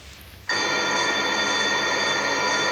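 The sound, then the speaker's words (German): After a brief quiet moment, an electric doorbell buzzes loudly and continuously with a steady, harsh metallic ring that holds without pause to the end. “Oh, werde ich jetzt mal klingeln.”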